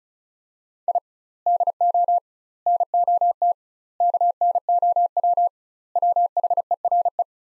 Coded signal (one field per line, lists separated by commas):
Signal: Morse code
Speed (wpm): 36 wpm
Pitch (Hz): 700 Hz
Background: none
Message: I DO NOT KNOW WHERE